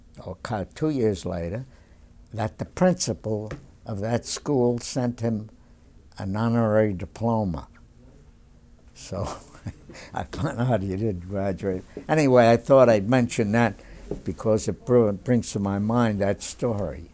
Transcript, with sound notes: or two years later, that the principal of that school sent him an honorary diploma. ( he laughs ) So I kind of heard he didn't graduate. Anyway, I thought I'd mention that because it brings to my mind that story.